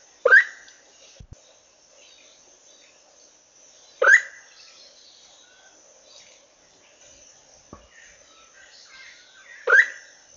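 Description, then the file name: African pitta giving three short, loud calls about 3.5 to 5.5 seconds apart. Each is a quick upward-sweeping burst with a faint high hiss running throughout. "pitta angolensis"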